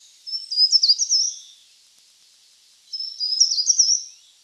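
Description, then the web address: Short-toed treecreeper calls: two high, thin bursts of quick tumbling notes, each about a second long, separated by a pause. "certhia brachydactyla call"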